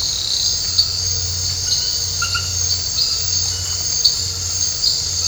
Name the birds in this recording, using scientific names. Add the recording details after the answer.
none. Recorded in dense forest near Puerto Asís, Putumayo, Colombia, on 19 March 2025 at 22:30. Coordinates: 0.468, -76.322. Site GP01